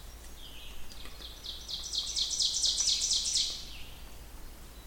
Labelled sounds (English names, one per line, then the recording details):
Ovenbird song
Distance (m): 25 m
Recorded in boreal forest in Alberta, Canada, on 16 June 2016 at 05:38
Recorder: SongMeter 3, array SBT-3-32
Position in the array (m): 118 m, 22 m
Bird 36